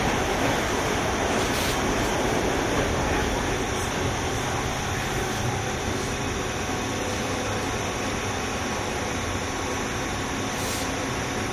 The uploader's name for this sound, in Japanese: JR201系 桃谷〜桃谷